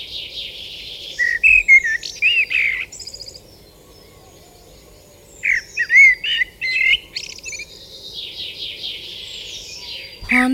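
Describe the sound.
Common blackbird singing two phrases of warbled, fluty notes with thin high twitters, a pause between, and a sharp sudden sound at the very end.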